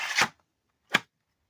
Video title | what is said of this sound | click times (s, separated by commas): @CondorToolKnives Bolo Machete unboxing and use | locks into place pretty well. | 1.0 s